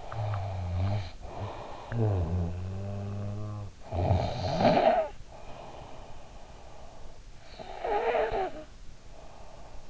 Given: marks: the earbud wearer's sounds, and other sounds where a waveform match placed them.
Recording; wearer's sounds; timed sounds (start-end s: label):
sounds in sleep by an in-ear microphone; snoring breath
0.00-3.79 s: snoring breath
3.92-6.69 s: snoring breath
7.34-9.38 s: snoring breath